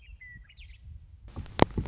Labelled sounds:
Western Meadowlark (Sturnella neglecta)

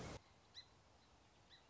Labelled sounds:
Song Sparrow (Melospiza melodia)

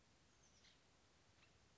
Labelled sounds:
Oak Titmouse (Baeolophus inornatus)

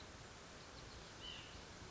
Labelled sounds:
White-breasted Nuthatch (Sitta carolinensis)

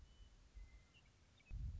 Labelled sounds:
Western Meadowlark (Sturnella neglecta)

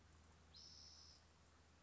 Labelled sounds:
Spotted Towhee (Pipilo maculatus)

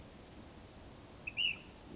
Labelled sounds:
Ash-throated Flycatcher (Myiarchus cinerascens)

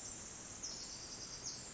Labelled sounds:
Pacific Wren (Troglodytes pacificus)

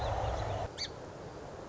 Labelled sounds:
Song Sparrow (Melospiza melodia)

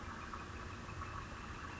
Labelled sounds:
Northern Flicker (Colaptes auratus)

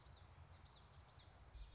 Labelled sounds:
Common Yellowthroat (Geothlypis trichas)

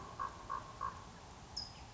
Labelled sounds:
California Towhee (Melozone crissalis)

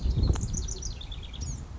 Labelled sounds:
House Wren (Troglodytes aedon)

